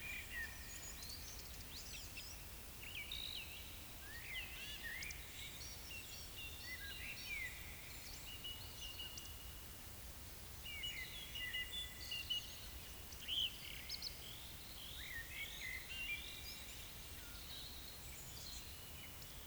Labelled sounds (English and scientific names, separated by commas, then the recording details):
Eurasian Woodcock (Scolopax rusticola) whistle, Eurasian Woodcock (Scolopax rusticola) croak
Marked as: croak, whistle, croak, whistle, croak, whistle, whistle, whistle
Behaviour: display flight
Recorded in Baden-Württemberg, Germany, on 10 May 2021 at 19:11 UTC
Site 24606, 635 m above sea level